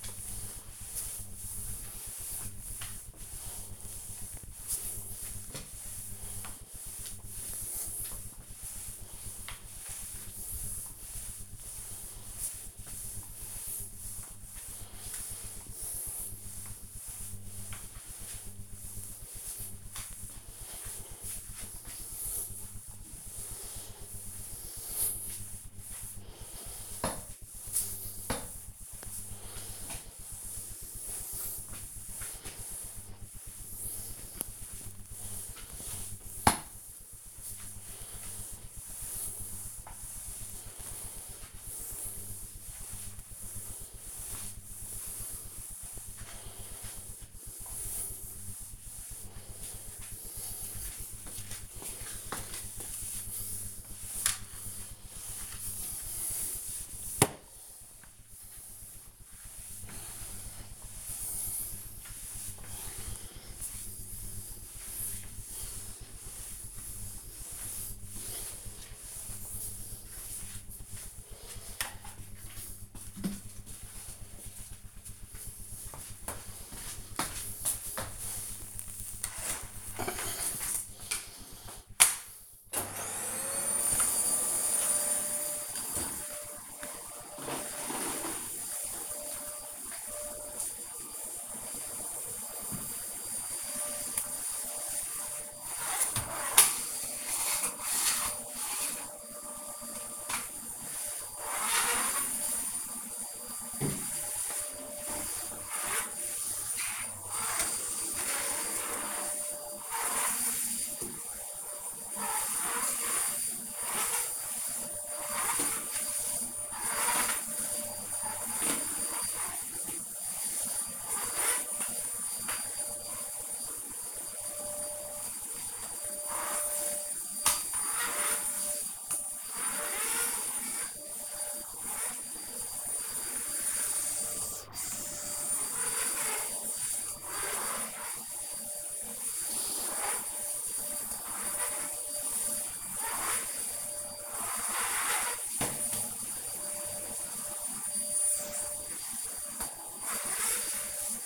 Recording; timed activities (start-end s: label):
household activities, microphone on the right wrist
0.00-72.23 s: floor cleaning
82.28-151.26 s: vacuum cleaning